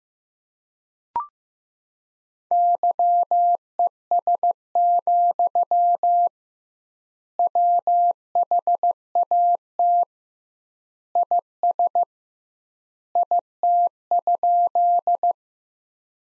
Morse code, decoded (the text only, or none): YES, WHAT IS IT?